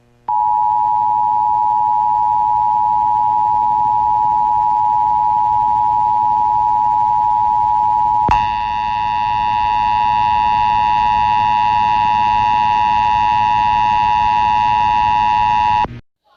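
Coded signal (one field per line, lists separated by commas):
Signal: Emergency Alert System (SAME) tones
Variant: 853 and 960 Hz attention tone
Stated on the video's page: Mini scenario based on an EAS test.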